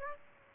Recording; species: mosquito wingbeat signal from an infrared sensor; Aedes aegypti